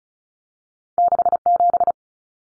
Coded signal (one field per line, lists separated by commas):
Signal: Morse code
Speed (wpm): 34 wpm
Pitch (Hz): 700 Hz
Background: none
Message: 67